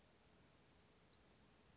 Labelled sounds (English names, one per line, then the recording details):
Western Flycatcher
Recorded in Sonoma County, California